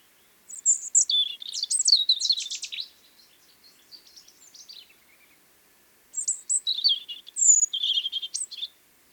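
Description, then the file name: European robin song: two bursts of high, thin, tumbling notes and trills, separated by a quieter warbling passage and a short pause. "Erithacus rubecula"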